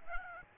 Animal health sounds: mosquito wingbeat signal from an infrared sensor; Aedes albopictus

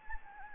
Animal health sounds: mosquito wingbeat signal from an infrared sensor; Anopheles gambiae

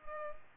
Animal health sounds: mosquito wingbeat signal from an infrared sensor; Culex pipiens

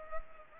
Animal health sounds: mosquito wingbeat signal from an infrared sensor; Culex pipiens

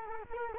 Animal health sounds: mosquito wingbeat signal from an infrared sensor; Culex quinquefasciatus

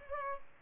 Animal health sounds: mosquito wingbeat signal from an infrared sensor; Culex pipiens

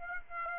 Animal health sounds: mosquito wingbeat signal from an infrared sensor; Aedes aegypti

